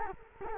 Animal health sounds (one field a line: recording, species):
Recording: mosquito wingbeat signal from an infrared sensor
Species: Culex quinquefasciatus